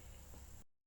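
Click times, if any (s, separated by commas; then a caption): none. The tilt head of a Cusimax 5-quart stand mixer is being handled as it is lowered after the bowl is set on its tabs and the button is pressed. A steady broadband hiss with low rumble runs until about 0.65 s and then cuts off to near silence. Nothing has seated or clicked yet.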